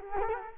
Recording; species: mosquito wingbeat signal from an infrared sensor; Culex quinquefasciatus